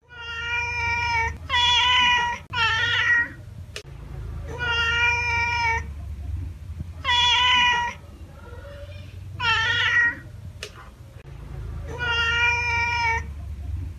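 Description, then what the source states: Cat meowing repeatedly for over a dozen seconds, alternating long level cries with shorter bent ones, with occasional sharp clicks. Cat meowing to chase away mice.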